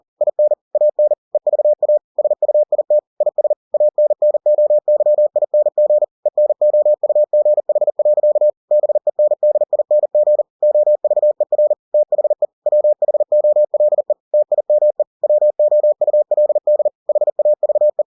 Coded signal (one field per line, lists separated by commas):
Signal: Morse code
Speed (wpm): 40 wpm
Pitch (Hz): 600 Hz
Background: none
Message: IN AN EVA SUIT IS ANNOYING ENOUGH. BENDING OVER THE WHOLE TIME WOULD HAVE